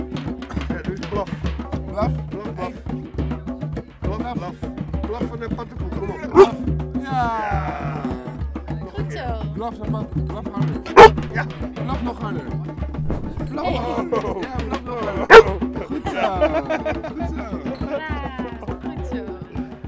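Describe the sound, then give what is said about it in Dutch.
A dog, Flaps, barks and yips at a microphone in short bursts, with three sharp, louder barks standing out among higher whiny yelps, while people talk underneath. “Nee, hij heeft echt een microfoon angst, hoor.”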